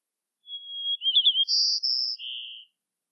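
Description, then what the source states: White-crowned sparrow song: a clear whistled opening, a quick warbled trill, then two high buzzy notes and a lower buzzy ending, all within about two seconds. Gambel's subspecies, Zonotrichia leucophrys gambelii.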